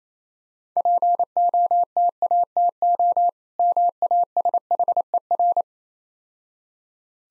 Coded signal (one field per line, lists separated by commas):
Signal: Morse code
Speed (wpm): 29 wpm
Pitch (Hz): 700 Hz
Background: none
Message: POTATO MASHER